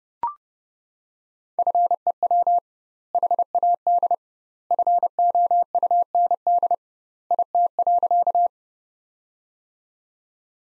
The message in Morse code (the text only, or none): FEW HAD FOUND IT.